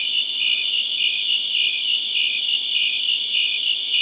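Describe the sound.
High-pitched cricket chirps pulse rhythmically over a continuous insect drone, nothing else audible.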